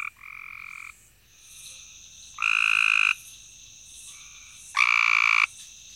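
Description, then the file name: Cope's gray treefrog giving harsh, buzzy trills lasting under a second each, one loud and several quieter callers overlapping, repeated every two to three seconds. "Cope's Grey Treefrog"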